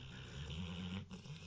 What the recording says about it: If you hear a dog snoring in the background... That's our dog, Wyatt. Every episode that we record where Wyatt lays here and snores. It's very quiet, but sometimes it really does get loud, and it sounds like a human. Literally snoring right next to me.